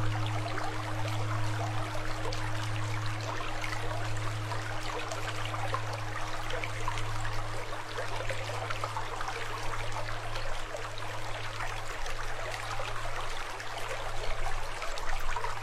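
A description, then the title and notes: A steady low tone at 123.02 Hz hums without a break for the whole clip, with a fainter, higher tone held above it. Underneath runs a dense, even rush of flowing water, constant, hissing brightly in the high end throughout. 123.02 Hz.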